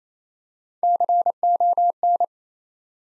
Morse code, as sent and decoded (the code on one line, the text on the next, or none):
-.-. --- -.
CON